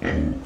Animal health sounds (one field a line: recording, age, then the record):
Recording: pig call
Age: growing-finishing pig (85 days or more)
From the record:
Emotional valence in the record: negative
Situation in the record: barren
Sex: female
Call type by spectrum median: low-frequency call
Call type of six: low-frequency stable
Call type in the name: low-frequency stable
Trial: 1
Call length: 0.47 s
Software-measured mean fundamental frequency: 41 Hz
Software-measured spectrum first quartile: 175 Hz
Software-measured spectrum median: 334 Hz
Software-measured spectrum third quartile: 1025 Hz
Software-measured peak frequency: 250 Hz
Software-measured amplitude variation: 181 dB a second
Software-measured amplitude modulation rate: 35.3 a second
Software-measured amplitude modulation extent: 5.1 dB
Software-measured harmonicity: -0.5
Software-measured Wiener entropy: -1.45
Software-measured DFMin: 945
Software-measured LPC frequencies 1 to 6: 339, 1897, 3100, 3871, 4825, 5734 Hz